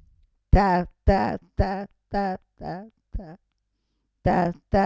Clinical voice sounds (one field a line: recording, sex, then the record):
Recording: repeated syllable /ta/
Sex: female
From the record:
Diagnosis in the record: Parkinson's disease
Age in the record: 65 years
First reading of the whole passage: 242 s, 2.1 characters per second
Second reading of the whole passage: 180 s, 2.9 characters per second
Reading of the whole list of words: 168 s, 1.7 characters per second